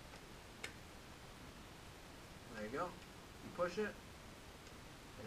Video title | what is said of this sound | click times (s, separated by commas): Echo One M28 Sniper Review + Gameplay | like a 28 to 30 round mag clicks right in there | 0.6 s